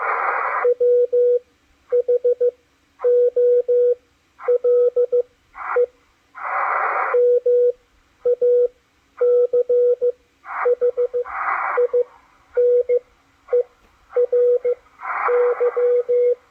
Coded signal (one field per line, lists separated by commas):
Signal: Morse code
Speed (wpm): 14 wpm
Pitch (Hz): 490 Hz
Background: radio noise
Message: WHOLE MACHINERY